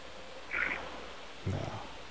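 A brief breathy noise, then one deep, rich, low rumbling snore from a 23-year-old woman who fell asleep while on hold, heard faintly over a telephone line. The snoring suggests sleep apnea, attributed to her weight, with a sleep study and CPAP advised.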